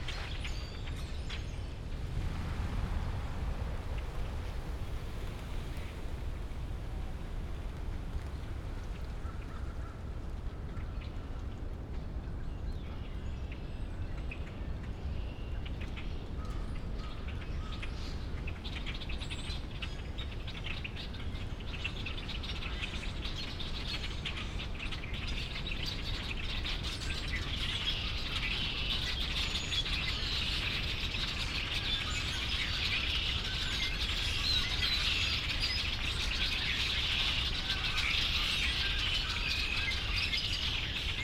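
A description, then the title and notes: A walk outdoors in a park, with a steady low rumble of wind or traffic throughout. From about halfway on, a dense bright wash of insect or bird chirping builds and holds, with faint scattered bird calls earlier in the clip. A walk through Darby Creek Metro Park by semblance.audio.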